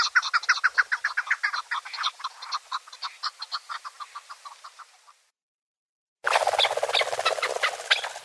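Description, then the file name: Chukar partridge calls, rapid chattering clucks in a dense series, then a brief silence followed by a burst of overlapping harsh notes. "Alectoris chukar"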